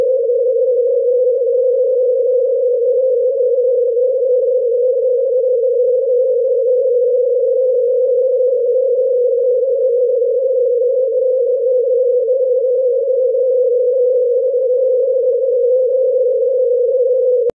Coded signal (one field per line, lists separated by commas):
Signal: unidentified radio signal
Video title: Longwave VLF Signal of U.S. Navy Transmitter - NML from La Moure, North Dakota USA @ 25.2 kHz CW FSK